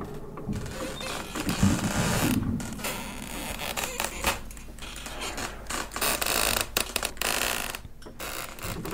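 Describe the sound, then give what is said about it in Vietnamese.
Two tightly shut wooden doors creak and rattle in wind blowing in from the yard, a steady run of irregular, grinding groans and knocks that rise and fall in bursts for several seconds, with no voices. “Hai cái cánh cửa gỗ lúc nãy được lão Tính đóng chặt cẩn thận, bây giờ lại rung lên, phát ra những tiếng lẹt cả lẹt kẹt, đến lạnh cả người.”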